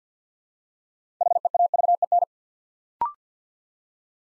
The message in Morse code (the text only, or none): HEAVEN